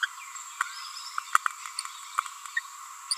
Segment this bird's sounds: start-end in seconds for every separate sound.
0.02-0.06, 2.56-2.60, 3.11-3.14